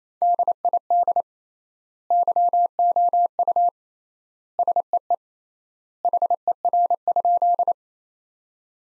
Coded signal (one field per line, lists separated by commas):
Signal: Morse code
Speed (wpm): 28 wpm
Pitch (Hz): 700 Hz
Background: none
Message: DID YOU SEE HER?